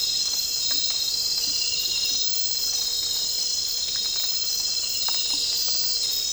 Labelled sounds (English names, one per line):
none